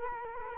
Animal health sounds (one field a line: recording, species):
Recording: mosquito wingbeat signal from an infrared sensor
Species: Culex quinquefasciatus